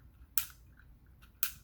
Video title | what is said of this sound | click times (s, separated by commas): Ratchet Studios ROS-002 Hip Extenders For Siege Ultra Magnus | alright it's tight we can hit a click now | 0.4 s, 1.4 s